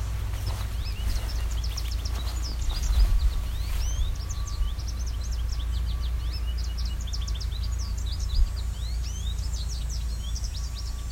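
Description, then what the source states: American goldfinch calls, rapid twittering chirps, many in quick succession throughout, over a steady low rumble of background noise. Several birds, recorded while hiking a trail on the side of a drumlin, a small hill, in Westover, Ontario.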